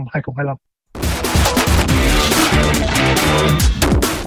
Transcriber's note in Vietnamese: tiếng đám đông